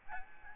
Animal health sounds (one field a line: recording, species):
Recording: mosquito wingbeat signal from an infrared sensor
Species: Aedes albopictus